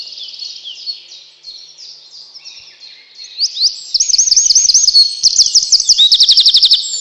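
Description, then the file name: Eurasian wren song: soft high twittering builds into a loud, fast, ringing sequence of repeated trilled notes for the last three seconds. "крапивник"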